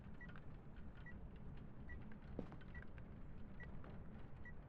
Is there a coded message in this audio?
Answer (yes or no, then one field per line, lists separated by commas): no